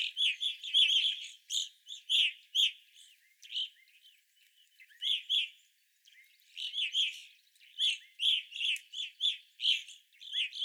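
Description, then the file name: Evening grosbeak flock chirping: rapid runs of loud, clipped notes, a short lull near the middle, then dense calling resumes. Several evening grosbeaks, 25 April 2021. "2021-04-25 Evening Grosbeaks"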